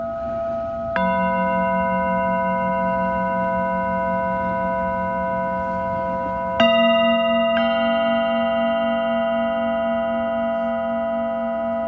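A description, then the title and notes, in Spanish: A Tibetan singing bowl rings with a steady, humming tone and clear upper overtones that hang for the whole stretch. Fresh strikes land near one second and again around six and a half seconds, each brightening the ring before it settles back into a sustained drone. Cuenco tibetano desde Caribe Mexicano.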